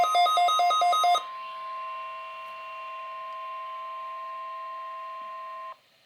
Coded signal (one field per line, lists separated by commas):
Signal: Emergency Alert System (SAME) tones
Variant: 1050 Hz attention tone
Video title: Required Weekly Tests - EAS #17-18